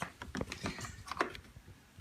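The plastic front latches on the body panel of a Fisher-Price Disney Frozen Jeep Wrangler ride-on toy are pulled up and clipped down, with sharp plastic clicks at about 0.4 s and 1.2 s among softer handling taps. The latches seat and hold the panel securely.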